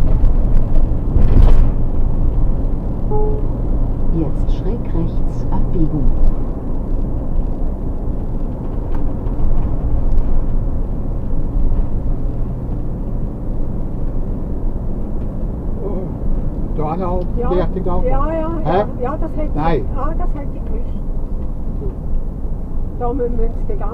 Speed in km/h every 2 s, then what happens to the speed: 61, 61, 61, 61, 61, 61, 62, 62, 62, 61, 59, 55.
0-16 steady at about 61. 16-24 slows to 55.